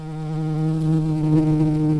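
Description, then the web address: Red-tailed bumblebee buzzing: a steady, low droning hum with rich harmonics that grows slightly louder over two seconds. Queen. "Lapidarius queens"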